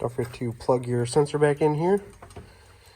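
Someone talks while handling the plastic water-in-fuel sensor electrical connector, which is being plugged back into the fuel filter housing of a 6.7 Powerstroke during a fuel filter change. The speech fills most of the clip, followed by a few faint ticks near the end. Nothing has seated or clicked yet when the clip ends.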